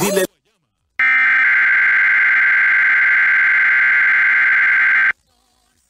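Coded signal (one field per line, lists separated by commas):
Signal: Emergency Alert System (SAME) tones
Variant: header bursts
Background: speech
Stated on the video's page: Hurricane warning received on NOAA Weather Radio.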